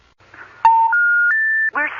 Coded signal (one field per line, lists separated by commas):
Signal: telephone call progress tone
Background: speech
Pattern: special information tone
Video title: The telephone story from 2010. ￼￼